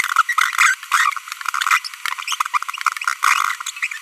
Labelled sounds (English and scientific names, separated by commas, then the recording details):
Green-rumped Parrotlet (Forpus passerinus) babbling
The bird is a female
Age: 25 days
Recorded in a nest box in Venezuela
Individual 17B42B1